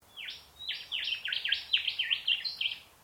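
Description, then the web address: Bird call: a rapid series of about ten sharp, downslurred whistled notes, each dropping steeply in pitch, run together over three seconds. Unidentified bird calling in mangroves. "Sound Effects-Foundation 1 BIRD UNKNOWN MAGROVES"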